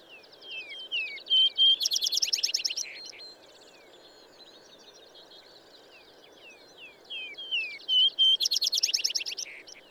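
Bird song given twice: descending whistled slurs leading into a loud, very high buzzy trill, separated by a quieter stretch.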